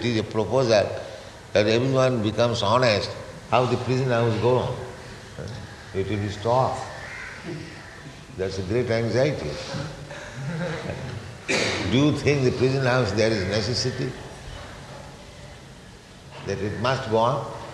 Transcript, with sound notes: it is a proposal when everyone becomes honest, how the prison house will go on? It will be stopped. That's a great anxiety. [laughter] Do you think the prison house, there is necessity that it must go on?